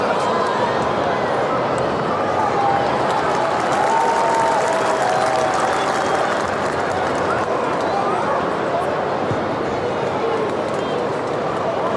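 A rugby league crowd roars in a steady, dense wash of many voices that holds at an even level throughout. A few whistle-like tones rise above the din around the fourth and fifth seconds, and brief sharp knocks surface now and then.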